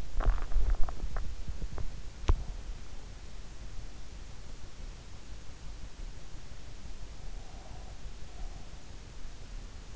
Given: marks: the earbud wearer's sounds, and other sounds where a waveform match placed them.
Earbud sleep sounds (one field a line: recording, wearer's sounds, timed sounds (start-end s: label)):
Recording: sounds in sleep by an in-ear microphone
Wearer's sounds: swallowing, teeth grinding, breath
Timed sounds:
0.00-0.85 s: swallowing
1.35-2.40 s: teeth grinding
7.28-8.90 s: breath